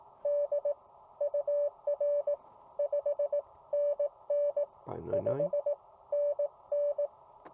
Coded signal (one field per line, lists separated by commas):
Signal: Morse code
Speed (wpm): 17 wpm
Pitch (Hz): 560 Hz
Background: none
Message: D UR 5NN 5NN